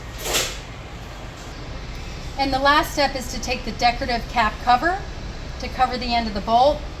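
A decorative cap cover is being handled to cover the end of the grip handle bolt on a smartCRUTCH crutch, with a brief rustle near the start while someone talks. The clip ends before the cap snaps onto the bolt end, so nothing has seated or clicked yet.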